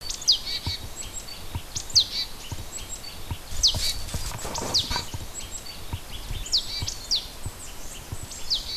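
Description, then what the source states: Bird chirps, short sharp high notes that drop steeply, scattered irregularly throughout over a low rumbling background noise. Native hedgerow bird, recorded in February.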